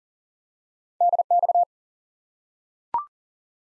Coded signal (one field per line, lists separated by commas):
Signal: Morse code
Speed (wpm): 40 wpm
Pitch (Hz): 700 Hz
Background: none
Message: DX